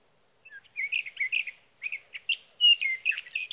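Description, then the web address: Sage thrasher song after a brief silence: short warbled bursts with small gaps, building into a denser stretch of rich, slurred notes. "birdsongforthecurious Sage Thrasher"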